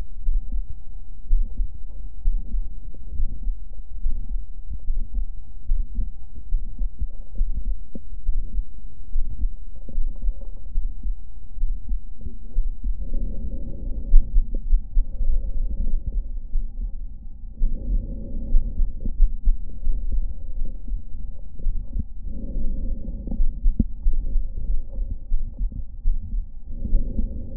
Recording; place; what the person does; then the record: lung sounds by stethoscope; left anterior apical chest; quiet breathing, then deep breathing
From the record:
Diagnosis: none (healthy); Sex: male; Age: 30 years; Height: 190 cm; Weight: 88 kg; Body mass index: 24.4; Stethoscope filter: diaphragm mode